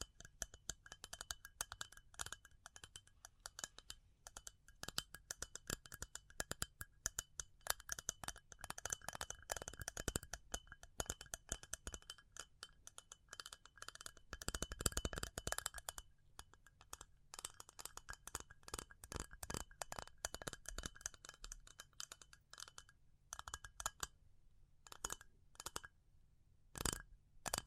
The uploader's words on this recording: ASMR Pure Tapping Fast and Slow (No Talking).